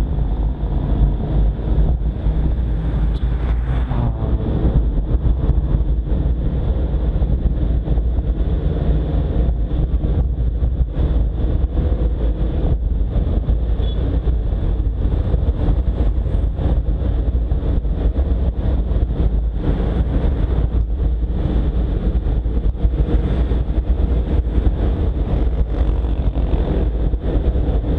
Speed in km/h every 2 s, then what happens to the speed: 17, 21, 24, 26, 28, 30, 30, 32, 33, 33, 33, 34, 35, 37.
0-10 speeds up to 30. 10-28 steady at about 33.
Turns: none.